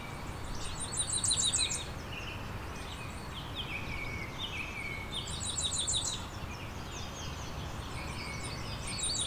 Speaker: Here's some Cape May warbler song.